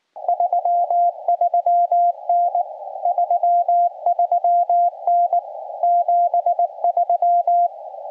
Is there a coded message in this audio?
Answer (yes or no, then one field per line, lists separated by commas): yes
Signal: Morse code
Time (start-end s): 0.3-7.7 s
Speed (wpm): 18 wpm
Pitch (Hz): 700 Hz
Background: radio noise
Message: 33N 33N 73